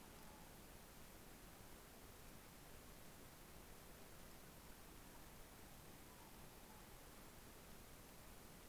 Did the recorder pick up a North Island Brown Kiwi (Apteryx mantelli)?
no